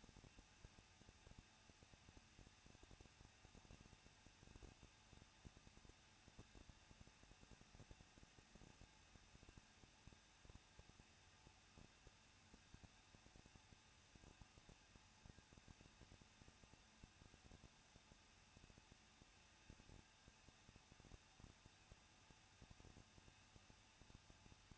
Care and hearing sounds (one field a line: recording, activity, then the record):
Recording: daily activity, microphone in the room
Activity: no activity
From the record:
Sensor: 2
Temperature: 21.0 degrees Celsius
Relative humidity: 37.3%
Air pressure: 1006.3 hPa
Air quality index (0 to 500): 220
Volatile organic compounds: 23 ppm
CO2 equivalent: 2782 ppm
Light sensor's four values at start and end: 2/3/2/2 and 2/3/2/2